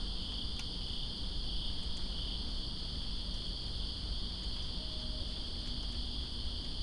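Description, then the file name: Continuous shrill cricket trill at two pitches over rumbling rain, with a brief faint tone midway and occasional drips. Crickets recorded with rain in Greensboro on September 2, 2017. "Greensboro Crickets And Rain September 02 2017"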